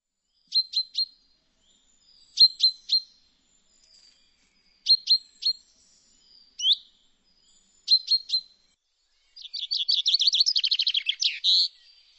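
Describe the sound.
Bird calls: short clusters of sharp high chirps repeated every two to three seconds, ending in a fast rattling trill of rapid notes.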